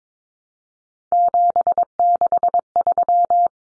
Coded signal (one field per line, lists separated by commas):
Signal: Morse code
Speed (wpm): 22 wpm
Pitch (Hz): 700 Hz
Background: none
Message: 763